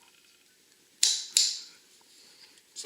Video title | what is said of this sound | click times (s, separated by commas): Budget ATV Racing: Replacing 400 EX Rear Bearings/ Axle | Go ahead and pull it, and you should hear it click. | 1.0 s